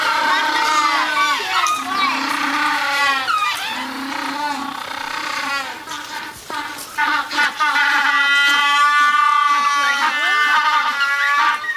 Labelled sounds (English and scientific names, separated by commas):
African Penguin (Spheniscus demersus) call